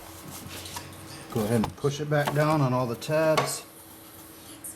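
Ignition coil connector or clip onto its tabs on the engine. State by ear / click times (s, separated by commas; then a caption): seated / 4.7 s. While replacing the spark plugs on a Jaguar S-Type R, a plastic ignition coil connector or its retaining clip is pushed back down over its tabs on the engine. Someone talks through most of the clip, then a short click is heard at 4.7 s as the connector seats into place.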